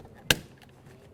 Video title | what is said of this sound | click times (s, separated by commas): How to Replace Power Window Motor & Regulator Assembly 2003-2007 Honda Accord | reconnect that. Listen for a click, give it a tug. | 0.3 s